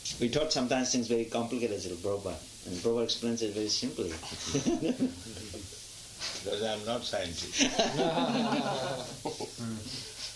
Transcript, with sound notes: We talk sometimes things very complicated, Śrīla Prabhupāda, but Prabhupāda explains it very simply. [laughs]
Because I am not scientist.